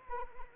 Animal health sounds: mosquito wingbeat signal from an infrared sensor; Anopheles arabiensis

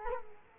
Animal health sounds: mosquito wingbeat signal from an infrared sensor; Culex quinquefasciatus

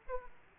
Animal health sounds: mosquito wingbeat signal from an infrared sensor; Aedes aegypti

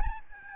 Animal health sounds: mosquito wingbeat signal from an infrared sensor; Aedes albopictus

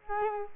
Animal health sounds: mosquito wingbeat signal from an infrared sensor; Culex quinquefasciatus

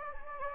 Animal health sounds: mosquito wingbeat signal from an infrared sensor; Anopheles gambiae

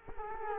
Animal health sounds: mosquito wingbeat signal from an infrared sensor; Culex quinquefasciatus

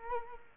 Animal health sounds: mosquito wingbeat signal from an infrared sensor; Culex quinquefasciatus

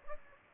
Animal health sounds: mosquito wingbeat signal from an infrared sensor; Aedes aegypti

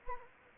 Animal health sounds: mosquito wingbeat signal from an infrared sensor; Anopheles gambiae

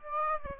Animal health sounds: mosquito wingbeat signal from an infrared sensor; Aedes aegypti

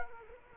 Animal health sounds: mosquito wingbeat signal from an infrared sensor; Culex quinquefasciatus

